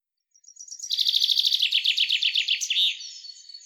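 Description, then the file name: Common chaffinch song: a rapid, rattling series of notes falling slightly in pitch, ending in a brief flourish, then fading. "Fringilla coelebs"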